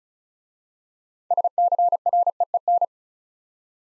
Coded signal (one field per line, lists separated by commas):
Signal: Morse code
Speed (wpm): 36 wpm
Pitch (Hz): 700 Hz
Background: none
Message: SCREEN